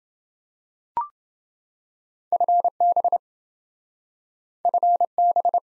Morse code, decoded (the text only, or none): FB FB